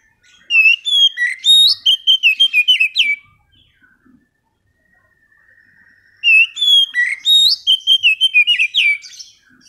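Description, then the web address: Oriental magpie-robin song, two loud phrases of rapid, varied whistled notes and sliding chirps, separated by a few seconds of near silence. Lure song to prompt a bird that has stopped singing back into song. "kacer pancingan macet bunyi. masteran kacer"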